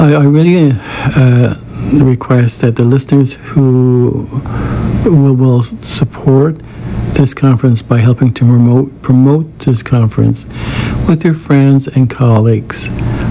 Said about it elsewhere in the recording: It helps me to stutter easier, which results in helping me to communicate easier as well.